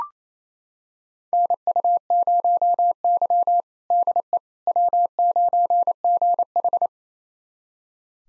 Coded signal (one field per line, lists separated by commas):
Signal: Morse code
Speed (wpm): 27 wpm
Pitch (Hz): 700 Hz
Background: none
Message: NU0Y DE W9GH